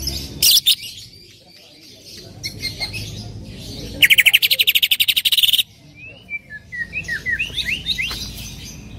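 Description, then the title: Greater green leafbird calls: sharp bursts, then a loud rapid buzzy trill for about one and a half seconds, followed by a run of quick high whistled and slurred notes. Female, described as very vocal and energetic, calling to a male; locally called cucak ijo. "CUCAK IJO BETINA GACOR HIPER MEMANGGIL JANTAN"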